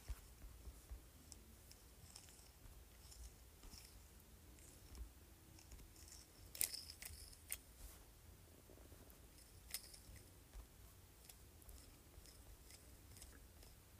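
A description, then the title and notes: Quiet handling of a green stone rolling pin, with sparse crisp clicks and light taps scattered through the clip. The sharpest tap lands near the middle, with a few softer ones after it. A low, steady hum sits underneath throughout. ASMR Emerald Rolling Pin.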